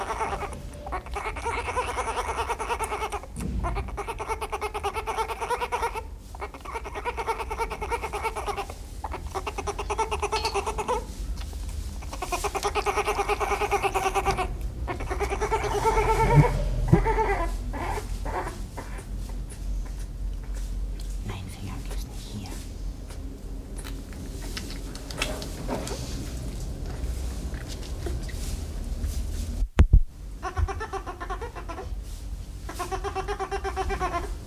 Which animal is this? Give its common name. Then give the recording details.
Sun Bear. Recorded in captivity. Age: juvenile. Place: Tierpark Berlin, Berlin, DE. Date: 1977-02-17 14:00. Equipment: Nagra SN, AKG CK 5, Kopie Uher 4200. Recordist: Tembrock, Günter